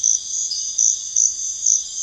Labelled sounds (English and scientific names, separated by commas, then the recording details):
none
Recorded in pastures near Puerto Asís, Putumayo, Colombia, on 4 March 2025 at 05:00
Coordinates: 0.502, -76.324
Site GP07